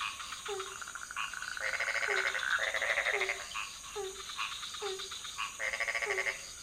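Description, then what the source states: Frog chorus with brief falling croaks repeated beneath buzzy, rattling calls that come and go. Several frog species calling at night in a pond near a hotel in Ubud, Bali, Indonesia; recorded with Sony PCM D50, Rode NT4 and Rode boompole.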